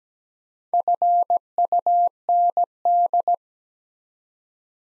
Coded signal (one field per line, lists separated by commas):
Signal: Morse code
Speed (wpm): 17 wpm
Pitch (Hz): 700 Hz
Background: none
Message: FUND